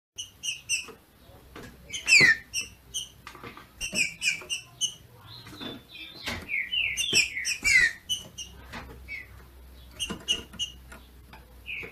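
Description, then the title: Green-winged saltator singing busy runs of short whistled and downslurred notes, clustered in bursts and mixed with frequent clicks and tapping sounds. Female singing in male style to stimulate and excite the male. "FÊ MEA DE TRINCA FERRO MACHEANDO PARA ESQUENTAR O MACHO"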